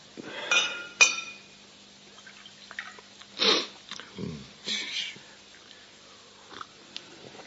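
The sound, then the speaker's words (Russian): Water is poured from a carafe into a glass: two sharp glassy clinks, then a couple of short, splashy pouring bursts with a low gurgle between them, all fairly quiet and with no talking. “Вода у вас в графине свежая?”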